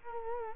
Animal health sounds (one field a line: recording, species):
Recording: mosquito wingbeat signal from an infrared sensor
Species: Culex quinquefasciatus